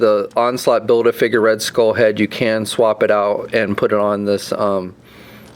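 Someone talks while handling the swappable plastic Red Skull head for a 6-inch Marvel Legends Captain America: Civil War Red Onslaught Build-A-Figure, about to push it onto the figure's neck ball, which takes a hard push to snap into place. Nothing has seated or clicked yet, and the clip ends in a low steady hiss after about 4.9 seconds.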